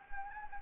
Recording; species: mosquito wingbeat signal from an infrared sensor; Anopheles gambiae